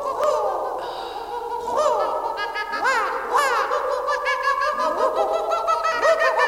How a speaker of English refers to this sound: And then other birds, they saw the humour in it and they started laughing and laughing loud, like the kookaburra.